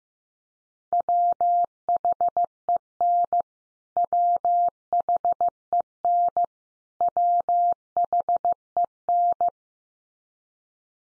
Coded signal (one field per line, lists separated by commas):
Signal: Morse code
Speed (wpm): 15 wpm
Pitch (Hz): 700 Hz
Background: none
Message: WHEN WHEN WHEN